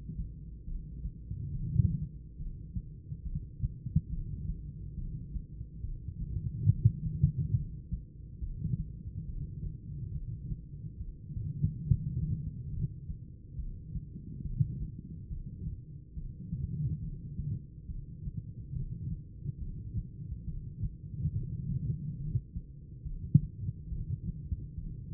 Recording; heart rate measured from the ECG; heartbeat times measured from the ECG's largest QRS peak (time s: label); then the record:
heart sounds by stethoscope; 70 bpm
0.63 s: heartbeat
1.50 s: heartbeat
2.36 s: heartbeat
3.22 s: heartbeat
4.08 s: heartbeat
4.94 s: heartbeat
5.80 s: heartbeat
6.66 s: heartbeat
7.52 s: heartbeat
8.38 s: heartbeat
9.24 s: heartbeat
10.10 s: heartbeat
10.96 s: heartbeat
11.82 s: heartbeat
12.69 s: heartbeat
13.54 s: heartbeat
14.41 s: heartbeat
15.27 s: heartbeat
16.13 s: heartbeat
16.99 s: heartbeat
17.85 s: heartbeat
18.71 s: heartbeat
19.57 s: heartbeat
20.43 s: heartbeat
21.29 s: heartbeat
22.15 s: heartbeat
23.01 s: heartbeat
23.87 s: heartbeat
24.73 s: heartbeat
From the record:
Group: heart failure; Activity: rest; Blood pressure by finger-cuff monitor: 157/76 mmHg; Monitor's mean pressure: 105 mmHg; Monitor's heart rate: 70 bpm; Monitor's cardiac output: 9.7 L/min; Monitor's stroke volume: 140 mL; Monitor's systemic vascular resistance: 800 dyn s/cm5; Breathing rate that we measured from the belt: 12 breaths a minute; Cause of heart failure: idiopathic cardiomyopathy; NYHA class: 2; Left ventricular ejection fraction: 51%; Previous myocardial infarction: absent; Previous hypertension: present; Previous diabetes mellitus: absent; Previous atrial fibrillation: absent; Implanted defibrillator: present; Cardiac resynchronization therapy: absent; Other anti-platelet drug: absent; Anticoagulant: apixaban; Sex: female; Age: 61 years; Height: 163 cm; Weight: 111 kg